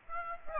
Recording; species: mosquito wingbeat signal from an infrared sensor; Aedes aegypti